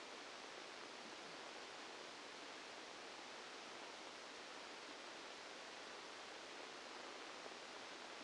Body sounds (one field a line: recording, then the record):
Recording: brain microelectrode recording played as sound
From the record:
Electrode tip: outside the subthalamic nucleus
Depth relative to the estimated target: -10 mm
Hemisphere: right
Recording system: NeuroSet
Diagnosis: Parkinson's disease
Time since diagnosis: 8 years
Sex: male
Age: 65 years